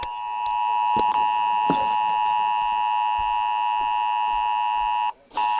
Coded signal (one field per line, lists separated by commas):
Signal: Emergency Alert System (SAME) tones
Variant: 853 and 960 Hz attention tone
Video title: EAS 1407 SVR NWS Charleston WV